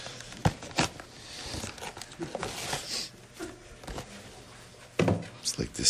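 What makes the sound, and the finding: Adult. Sneeze.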